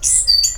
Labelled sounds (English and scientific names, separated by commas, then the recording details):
Stitchbird (Notiomystis cincta) song
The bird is a male
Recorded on Tiritiri Matangi Island, New Zealand, in 2005
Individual 20, of nest box 28